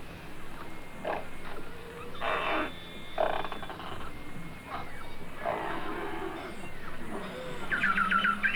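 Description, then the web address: Beluga whales giving buzzy pulsed bursts and a few faint whistles, ending with a quick run of short squeaky chirps over a low hiss. Several belugas in the Arctic. "Avant Garde Project. Arctic Belugas"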